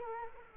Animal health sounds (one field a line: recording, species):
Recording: mosquito wingbeat signal from an infrared sensor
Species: Culex quinquefasciatus